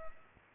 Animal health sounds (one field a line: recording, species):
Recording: mosquito wingbeat signal from an infrared sensor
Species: Culex pipiens